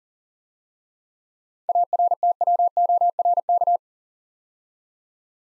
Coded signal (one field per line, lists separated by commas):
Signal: Morse code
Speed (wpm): 40 wpm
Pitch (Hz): 700 Hz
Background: none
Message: ARTWORK